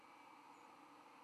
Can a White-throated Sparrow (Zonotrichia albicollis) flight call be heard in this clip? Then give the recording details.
no. Another species' flight call is heard. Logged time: 07:22 on 13 November 2014